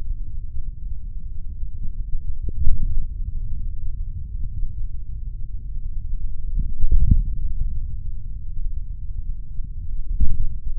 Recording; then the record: forearm muscle sounds (acoustic myography)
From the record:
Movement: index flexion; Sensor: system 3, bracelet of six PUI Audio POM-2738L microphones around the upper forearm, with dedicated amplification and filtering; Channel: 5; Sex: male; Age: 26 years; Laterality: right